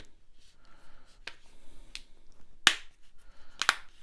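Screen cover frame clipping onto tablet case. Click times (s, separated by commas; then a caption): 2.0 s, 2.7 s, 3.6 s. The front screen-cover frame of a Griffin Survivor Slim rugged plastic/rubber tablet case is pressed onto the case, top edge first, and its clips snap in one after another. Sharp, solid clicks ring out at about 2.0, 2.7 and 3.6 seconds, with fainter ticks before them. The cover seats firmly with nice solid clips.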